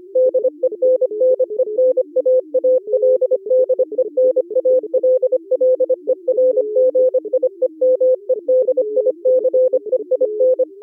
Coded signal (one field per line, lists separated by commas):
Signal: Morse code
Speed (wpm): 25 wpm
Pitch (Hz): 510 Hz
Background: none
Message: DENNENAALDEN ALLERGIE MEDICEIN